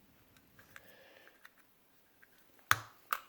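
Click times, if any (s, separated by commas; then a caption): 2.7 s. A snap-on part is fitted onto a Zebco 33 spincast fishing reel, hooked on at the top and lined up with the small slot at the bottom before being pressed home. Faint ticks and light handling clicks come first, then a sharp, loud snap at 2.7 s as the part seats, followed by a softer click at 3.1 s. The part is snapped on.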